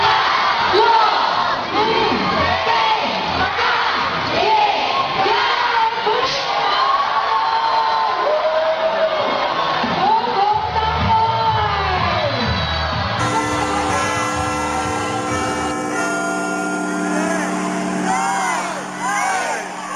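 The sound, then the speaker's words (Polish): Crowds around the world cheer and shout continuously to welcome the new year 2017, loud and dense with overlapping voices and whoops, shifting partway through into a brighter, buzzing wash of noise beneath the sustained roar. “Tak świat witał nowy rok, no to na jego powitanie pędźmy i my.”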